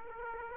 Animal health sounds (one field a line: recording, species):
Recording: mosquito wingbeat signal from an infrared sensor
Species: Aedes aegypti